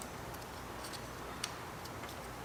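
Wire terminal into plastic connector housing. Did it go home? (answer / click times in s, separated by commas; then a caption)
yes / 1.4 s. A crimped wire terminal from a regulator/rectifier kit for a Suzuki SV650 motorcycle is pushed into the back of a plastic multi-pin connector housing until its release tab locks. A single short, sharp click is heard at 1.4 s over a quiet background with faint tick-like sounds. The terminal is seated.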